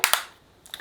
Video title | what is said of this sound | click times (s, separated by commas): WE'RE HAVING A... 🩵👶🏻🩷 | Pop this back in, clicks into place, and then the bottom part you just twist | 0.0 s, 0.1 s